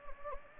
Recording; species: mosquito wingbeat signal from an infrared sensor; Anopheles gambiae